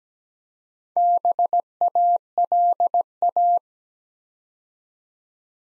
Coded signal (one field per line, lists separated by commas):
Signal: Morse code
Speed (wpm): 17 wpm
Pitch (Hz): 700 Hz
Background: none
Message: BALA